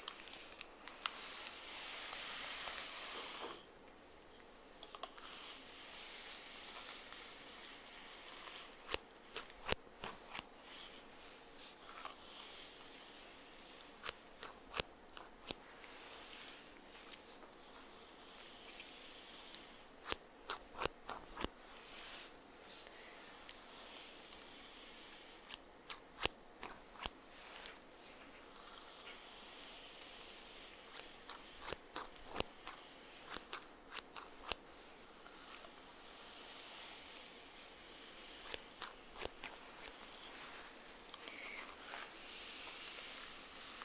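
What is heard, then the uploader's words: Hair brushing, opening with a loud steady hiss for the first few seconds, then settling into a soft rustling bed. Sharp, dry strokes and clicks break through irregularly, sometimes in quick clusters, around 9–11, 15, 20–21, 26–27 and 32–43 seconds. ASMR Hair Brushing.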